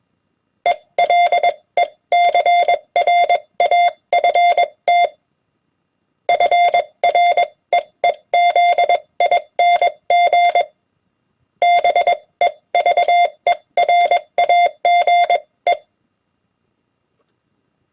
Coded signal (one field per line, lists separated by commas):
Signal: Morse code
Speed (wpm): 21 wpm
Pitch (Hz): 700 Hz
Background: none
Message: ELECRAFT FREEZING BEVERAGE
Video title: Morse Code HamWords @20 wpm